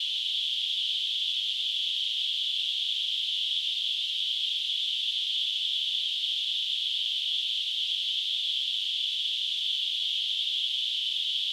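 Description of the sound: A steady, unchanging high-pitched hiss, a narrow band of noise centred around 3–4 kHz in the upper treble, runs without pause or variation for the whole clip. It is a simulation of noise-type tinnitus: a constant hissing or rushing sound perceived in the ears without any outside source.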